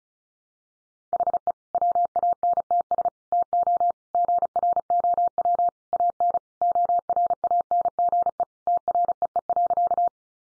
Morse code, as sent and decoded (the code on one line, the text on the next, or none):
.... . / .-- .- -. - ... / - --- / --. .-. --- .-- / .- -. / --- .-. .- -. --. . / - .-. . . .-.-.-
HE WANTS TO GROW AN ORANGE TREE.